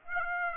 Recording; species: mosquito wingbeat signal from an infrared sensor; Aedes aegypti